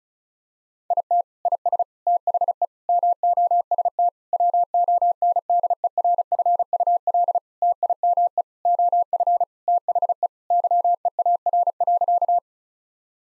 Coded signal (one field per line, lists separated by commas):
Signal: Morse code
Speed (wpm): 36 wpm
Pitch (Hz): 700 Hz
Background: none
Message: IT IS THE MOST WONDERFUL TIME OF THE YEAR.